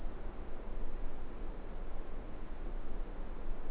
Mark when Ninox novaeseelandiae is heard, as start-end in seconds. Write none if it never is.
none